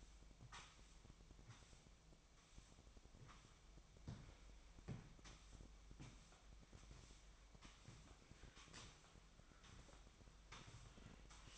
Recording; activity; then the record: daily activity, microphone in the room; sweep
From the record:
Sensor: 1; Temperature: 24.7 degrees Celsius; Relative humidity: 39.7%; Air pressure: 1001.6 hPa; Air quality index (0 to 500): 220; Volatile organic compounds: 29 ppm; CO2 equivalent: 2933 ppm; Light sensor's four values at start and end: 8/30/10/12 and 8/30/10/12